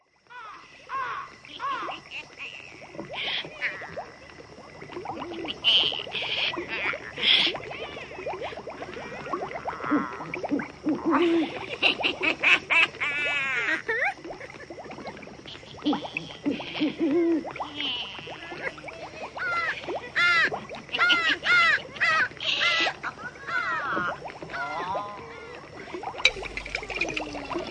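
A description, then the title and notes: Eerie wailing and cackling voices swoop and warble over a low hollow drone, broken by bright metallic clanks around five, twelve and twenty-two seconds. This one has it all: wind, ghosts, monsters, clanking chains, and witches brewing!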